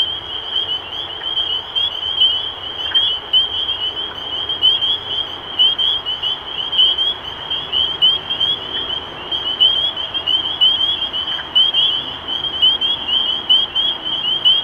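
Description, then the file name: Spring peepers calling in a dense chorus, many high, short upslurred peeps overlapping into a continuous shrill band. Recorded 23 March 2012. "Peepers-2012-0323"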